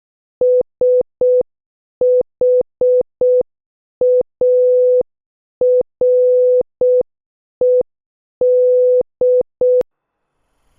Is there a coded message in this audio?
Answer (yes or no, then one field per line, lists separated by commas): yes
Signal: Morse code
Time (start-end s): 0.4-9.8 s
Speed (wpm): 6 wpm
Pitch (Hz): 500 Hz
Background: none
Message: SHARED